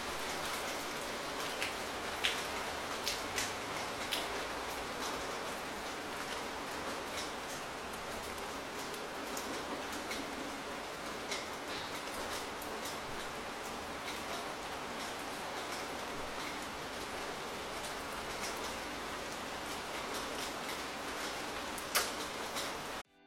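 Gentle drizzle patters steadily throughout, a dense, even hiss dotted with frequent sharp drop ticks that stand out now and then. A faint low rumble sits underneath, and the level stays nearly constant until the sound cuts off just before the end.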